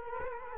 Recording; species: mosquito wingbeat signal from an infrared sensor; Culex quinquefasciatus